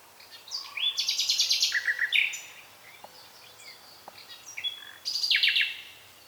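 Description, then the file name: Common nightingale song with a rapid pulsing trill and chattering notes, a quiet gap, then another fast trilled phrase. "Luscinia megarhynchos"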